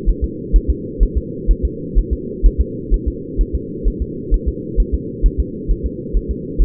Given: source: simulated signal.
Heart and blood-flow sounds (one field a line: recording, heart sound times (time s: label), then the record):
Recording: fetal heart sounds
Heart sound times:
0.09 s: S1
0.24 s: S2
0.56 s: S1
0.70 s: S2
1.03 s: S1
1.17 s: S2
1.51 s: S1
1.65 s: S2
1.98 s: S1
2.13 s: S2
2.46 s: S1
2.61 s: S2
2.94 s: S1
3.08 s: S2
3.41 s: S1
3.55 s: S2
3.88 s: S1
4.02 s: S2
4.34 s: S1
4.48 s: S2
4.80 s: S1
4.94 s: S2
5.26 s: S1
5.40 s: S2
5.71 s: S1
5.86 s: S2
6.17 s: S1
6.31 s: S2
6.62 s: S1
From the record:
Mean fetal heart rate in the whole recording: 130 bpm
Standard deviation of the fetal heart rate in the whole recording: 2 bpm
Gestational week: 36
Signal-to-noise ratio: -4.1 dB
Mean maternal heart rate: no maternal heart sound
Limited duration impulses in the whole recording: absent